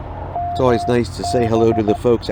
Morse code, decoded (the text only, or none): MB